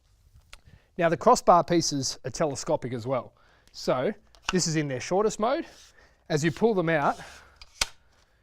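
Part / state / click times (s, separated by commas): spring lock piece of a telescopic crossbar into its hole in the outer tube / seated / 7.8 s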